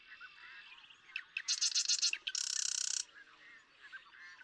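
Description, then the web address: Marsh Wren song: a faint chattering background, then a sputtering burst and a rapid buzzy trill lasting about a second. "birdsongforthecurious Marsh Wren"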